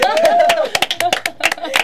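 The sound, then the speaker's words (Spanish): A short burst of applause, with uneven, sharp claps mixed with a few voices cheering at the start, fairly loud throughout. “un aplauso.”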